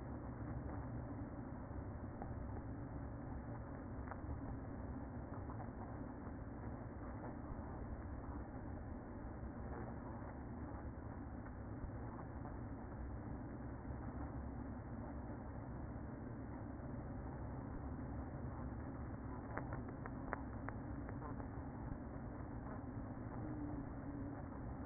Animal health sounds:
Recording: honeybee colony, microphone inside the hive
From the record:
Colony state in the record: queen present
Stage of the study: after two queens were removed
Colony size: about 60,000 bees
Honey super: yes

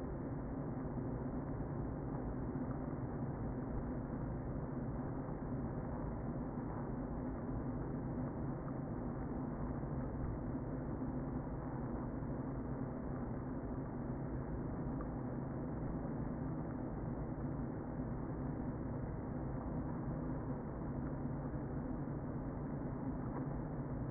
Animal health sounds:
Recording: honeybee colony, microphone inside the hive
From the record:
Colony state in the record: queen present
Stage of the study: before two queens were removed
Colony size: about 60,000 bees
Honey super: yes

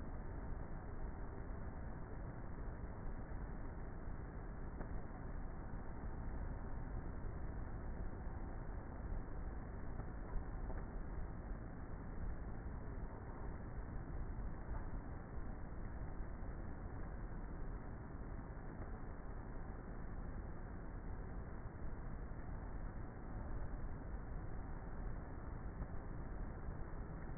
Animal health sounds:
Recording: honeybee colony, microphone inside the hive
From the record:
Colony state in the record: queenless with a low population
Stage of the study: before two queens were removed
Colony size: about 30,000 bees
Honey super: no

